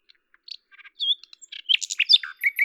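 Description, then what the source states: Common nightingale song: a jumble of varied chirps, clicks and slurred whistles delivered quickly, without a steady rhythm. At Lavours, France, on 10 May 1998; Tascam DAP-1 with Télingua microphone, edited in Samplitude 5.1.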